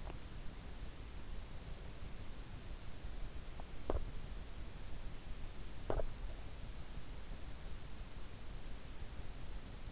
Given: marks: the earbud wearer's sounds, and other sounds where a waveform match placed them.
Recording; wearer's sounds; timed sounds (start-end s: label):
sounds in sleep by an in-ear microphone; swallowing, teeth grinding
0.00-0.30 s: swallowing
3.83-4.22 s: teeth grinding
5.73-6.15 s: teeth grinding